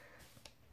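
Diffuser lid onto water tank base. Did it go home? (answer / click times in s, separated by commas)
yes / 0.5 s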